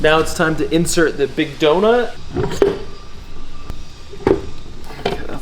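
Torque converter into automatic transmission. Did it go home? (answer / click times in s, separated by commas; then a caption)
partly / 5.1 s. Someone talks, then a rebuilt torque converter is pushed and turned onto the input shaft of a Mercedes automatic transmission, with a clunk near 4.3 s. It should give two engagement clicks as it drops into place, but only one click is heard, at 5.1 s. The second click has not happened by the end of the clip.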